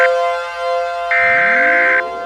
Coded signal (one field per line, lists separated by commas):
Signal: Emergency Alert System (SAME) tones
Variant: header bursts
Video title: EAS Scenario #57: Project Gray